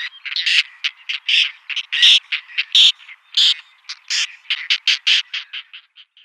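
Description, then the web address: Whiskered tern producing quick, irregular bursts of harsh, scratchy calls in uneven clusters. "Schulze Peter Whiskered Tern"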